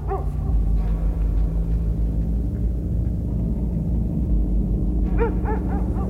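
A dog barks in short, sharp bursts in a forest, showing its teeth at an approaching forest agent, once at the start and again in a quick cluster near the end, over a steady low rumble that fills the gaps between.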